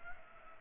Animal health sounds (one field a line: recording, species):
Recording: mosquito wingbeat signal from an infrared sensor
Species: Culex pipiens